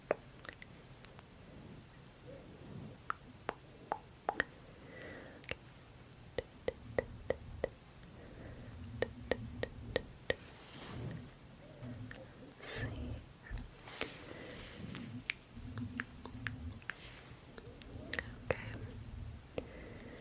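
Sharp tongue clicks pop out in quick, irregular runs across the whole stretch, some landing in tight bunches. Between them come soft fizzing, crackly rustles from lotion and face touching, swelling around the middle, over a low steady hum.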